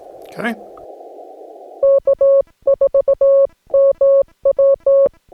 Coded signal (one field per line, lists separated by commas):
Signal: Morse code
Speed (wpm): 17 wpm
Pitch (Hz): 550 Hz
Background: speech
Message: K4MW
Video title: Morse Code POTA Activation from Pinnacles National Park